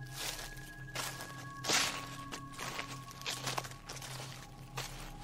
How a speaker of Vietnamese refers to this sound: Sau đó, tiếng bước chân ở bên ngoài vang lên.